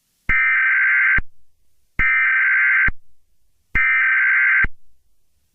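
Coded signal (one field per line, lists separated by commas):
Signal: Emergency Alert System (SAME) tones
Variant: header bursts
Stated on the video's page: Fictional EAS scenario, remastered version.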